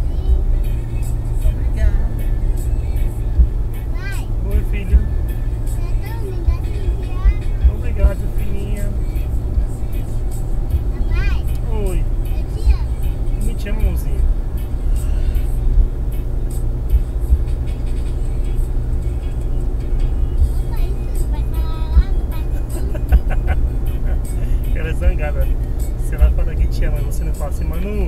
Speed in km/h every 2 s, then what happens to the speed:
109, 109, 109, 108, 107, 107, 106, 105, 105, 105, 105, 106, 107, 107.
0-28 steady at about 107.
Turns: none.